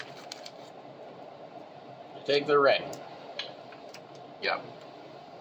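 A metal snap ring is handled near the top die of a snap-setting tool, with faint ticks and handling noise over a steady low hum while someone talks. Nothing has seated or snapped into place yet.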